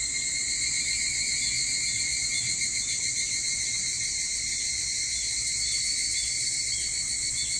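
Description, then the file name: Evening cicada chorus forming a seamless high shimmering wall of sound over a gentle low rumble. Recorded 22 July 2023 at 04:40. "higurashi 230722 0440"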